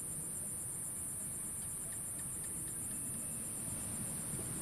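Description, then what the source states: Insect buzzing call, a steady high-pitched shrill with fast pulsing, running without pause over the low rumble of ocean waves. Insect calls zapping above calm ocean waves at Phan Rang.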